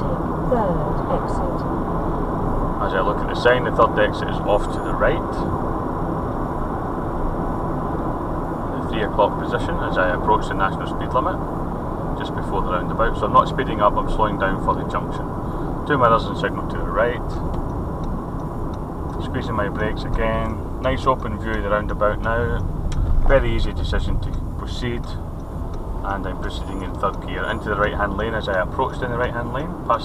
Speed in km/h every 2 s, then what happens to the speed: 64, 66, 66, 64, 60, 56, 53, 48, 45, 44, 34, 27, 27, 34, 37.
0-7 steady at about 64. 7-22 slows to 27. 22-30 speeds up to 37.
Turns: none.